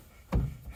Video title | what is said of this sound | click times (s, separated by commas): How to: 1960-1963 GMC & Chevy C10 Truck Windshield Removal and Install -w- Stainless Trim | that just snapped right in there did you hear it | 0.3 s